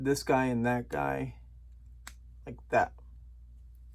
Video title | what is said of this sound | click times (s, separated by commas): Luke’s Landspeeder part 8 #lego #legobuild #starwars #legostarwars #75341 | so just kind of snaps right in there | 2.1 s